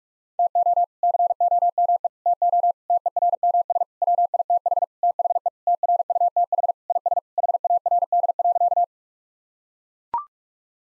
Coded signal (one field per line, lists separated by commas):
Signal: Morse code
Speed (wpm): 44 wpm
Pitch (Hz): 700 Hz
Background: none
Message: TO COME TO TERMS WITH THE TRUTH IS HARD.